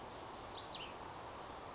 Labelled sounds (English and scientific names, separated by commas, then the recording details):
Cassin's Vireo (Vireo cassinii)
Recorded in Sonoma County, California